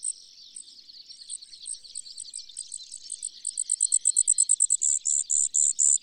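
Brewer's sparrow song, thin high notes starting slowly and speeding into a fast, even series of bright chips over a faint trill.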